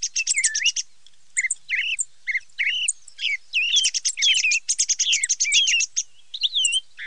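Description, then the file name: Thrush song of short separated phrases at first, some with downslurred whistles, building into denser chattering runs of notes and twittering. "TORDO"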